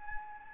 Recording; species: mosquito wingbeat signal from an infrared sensor; Anopheles gambiae